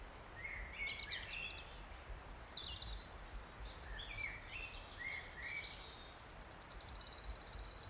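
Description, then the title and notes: Wood warbler song: after other birds' varied warbling, high ticking notes speed up into a loud, shivering trill. Male singing from oak canopy in an ancient oak wood on a steep-sided wooded valley in South Wales, May, after rain stopped, spring. "Sound Escape 16: listen to the cascade of wood warbler song in an ancient oak wood. a path rising up a steep-sided wooded valley in South Wales. The endless May rain has stopped and a male wood warbler is singing his extraordinary song from the emerald canopy of tangled oak trees"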